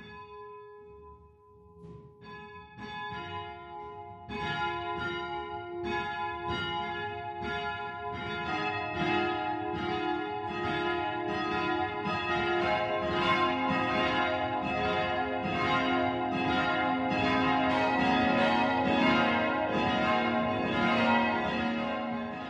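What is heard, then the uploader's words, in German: Church bells ring the noon peal, starting with a single bell and quickly joined by others after a few seconds. The strokes overlap into a dense, steady clangour that grows fuller and louder toward the end, with long humming tones sustaining underneath. Zwölfuhrläuten aus Lippertsgrün in Oberfranken, Martin-Luther-Kirche.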